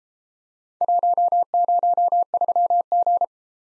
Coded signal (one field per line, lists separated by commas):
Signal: Morse code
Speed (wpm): 33 wpm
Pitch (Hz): 700 Hz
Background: none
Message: 103G